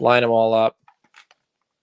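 Someone talks while lining up a plastic panel's hooks with the holes on the back of a toy vehicle. A few faint, short plastic ticks of handling follow between about 0.9 and 1.3 seconds. The panel has not seated or clicked into place yet.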